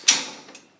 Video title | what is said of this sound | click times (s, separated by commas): Do You Really NEED a CAB TRACTOR? -- Try This! Artillian Sun Shade Canopy | and clicks into place | 0.1 s